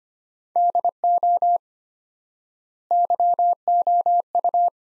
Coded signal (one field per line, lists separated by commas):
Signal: Morse code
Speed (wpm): 25 wpm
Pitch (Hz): 700 Hz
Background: none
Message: DO YOU